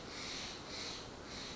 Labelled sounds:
Steller's Jay
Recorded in Sonoma County, California

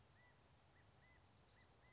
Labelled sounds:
California Quail
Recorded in Sonoma County, California

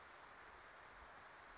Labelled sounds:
Wilson's Warbler
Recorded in Sonoma County, California

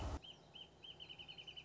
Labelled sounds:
Wrentit
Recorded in Sonoma County, California

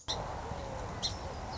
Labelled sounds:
Song Sparrow
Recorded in Sonoma County, California

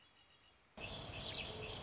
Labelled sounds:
Red-winged Blackbird
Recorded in Sonoma County, California

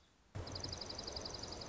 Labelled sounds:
Dark-eyed Junco
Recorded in Sonoma County, California

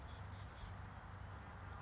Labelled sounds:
Chestnut-backed Chickadee
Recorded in Sonoma County, California

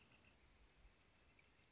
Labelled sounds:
Northern Flicker
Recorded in Sonoma County, California

